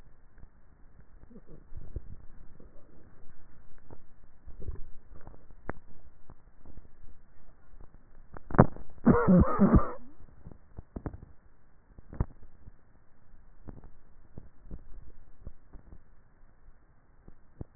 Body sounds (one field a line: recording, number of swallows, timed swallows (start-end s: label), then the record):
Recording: swallowing sounds by neck microphone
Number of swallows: 3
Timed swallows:
1.75-2.48 s: swallow
4.55-5.15 s: swallow
14.85-15.52 s: swallow
From the record:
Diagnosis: dysphagia